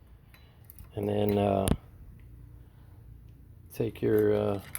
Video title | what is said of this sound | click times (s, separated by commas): 1994-2004 Ford Mustang GT/Cobra/ and V6 Rear Brake Caliper Rebuild | and just push it down push it down all the way you'll hear it snap into place | 0.7 s